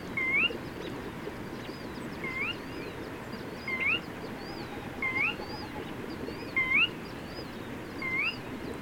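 Bird whistling a repeated rising note several times, about every one and a half seconds, amid fainter higher chirping and background noise.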